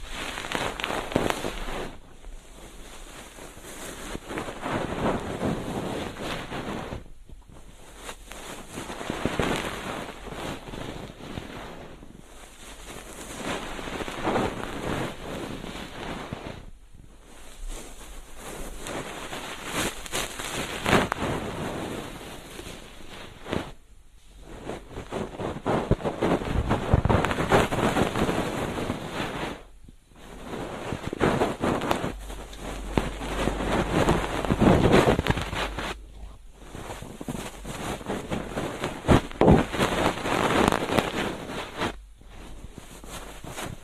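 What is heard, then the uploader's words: A feather ear pick brushes and rustles in soft, crackly strokes, grouped into passes of several seconds separated by brief silent gaps. Ear cleaning. 3DIO 마이크를 이용한 귀청소!! Feather pick (솜털귀이개).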